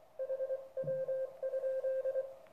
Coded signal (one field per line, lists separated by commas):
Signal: Morse code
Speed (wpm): 23 wpm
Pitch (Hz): 530 Hz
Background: none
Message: HW?